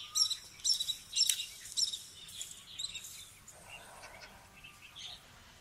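Bird song: a quick series of bright, high whistled notes for about two seconds, then softer, fading twittering over light background noise.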